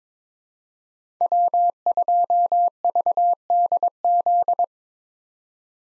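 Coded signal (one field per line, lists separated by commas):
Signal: Morse code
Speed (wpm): 22 wpm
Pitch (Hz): 700 Hz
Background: none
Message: W2VDZ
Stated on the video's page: Morse drill at 22 wpm for head-copying common POTA hunter callsigns, each sent, spoken, then sent again.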